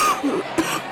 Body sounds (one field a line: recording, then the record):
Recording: coughing mixed with background sound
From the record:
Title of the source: 31 night wet cough